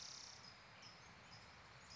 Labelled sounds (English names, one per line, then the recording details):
California Towhee
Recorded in Sonoma County, California